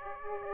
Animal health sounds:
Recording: mosquito wingbeat signal from an infrared sensor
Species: Aedes aegypti

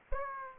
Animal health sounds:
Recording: mosquito wingbeat signal from an infrared sensor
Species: Aedes aegypti

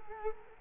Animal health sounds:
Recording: mosquito wingbeat signal from an infrared sensor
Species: Culex quinquefasciatus

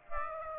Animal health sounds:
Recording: mosquito wingbeat signal from an infrared sensor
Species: Aedes aegypti

